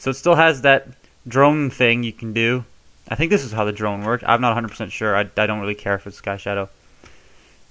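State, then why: Seated. Someone talks while handling a transforming plastic toy figure, folding its plastic landing skid up into the figure's body. At 7.1 s the skid gives a very soft, short click as it seats into its stowed position.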